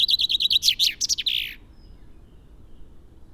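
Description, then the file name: Common chaffinch song ending: a rapid series of repeated chirps followed by a rattling terminal flourish, then quiet background. "Fringilla coelebs"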